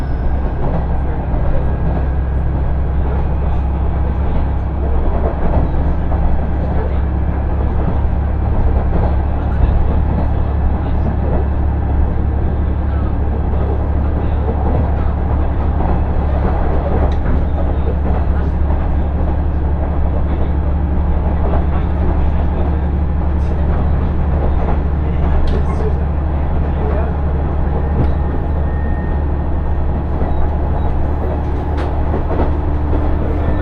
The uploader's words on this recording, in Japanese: ＩＧＲいわて銀河鉄道＆ＪＲ花輪線 盛岡→大更。列車はキハ110系の2両編成。景色は再び冬に逆戻りして辺り一面白くなっています。